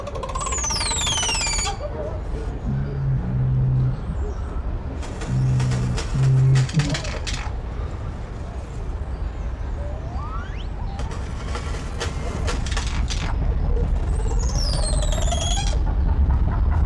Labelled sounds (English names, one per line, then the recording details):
Black Curassow call
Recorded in captivity
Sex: pair
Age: adult
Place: Zoo Berlin, Berlin, DE
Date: 1994-03-05 11:04
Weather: heiter, 4°C, Windböen
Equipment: Marantz CP 430, Sennheiser ME 80, Kopie Uher Variocord 263
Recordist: Tembrock, Günter